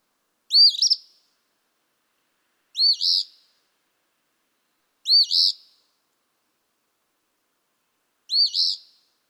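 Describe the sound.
Eastern phoebe song: four raspy two-part phrases at intervals of a few seconds, with no other sounds.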